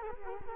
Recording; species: mosquito wingbeat signal from an infrared sensor; Culex quinquefasciatus